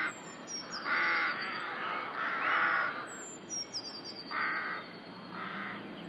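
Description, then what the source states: Rough, croaking rook caws, long calls early on then shorter ones, with high squeaky bird notes. Rookery in the UK.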